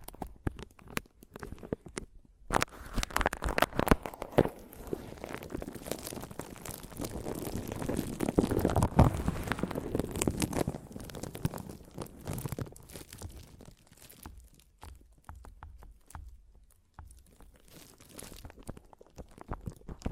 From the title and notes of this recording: ASMR Mic Tapping and Scratching (No Talking).